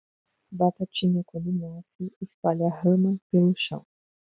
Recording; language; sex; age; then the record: short text; Brazilian Portuguese; female; 20 to 29 years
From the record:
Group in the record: control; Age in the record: 25 years